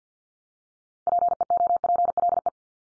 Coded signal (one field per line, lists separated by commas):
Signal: Morse code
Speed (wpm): 48 wpm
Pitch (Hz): 700 Hz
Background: none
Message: PEOPLE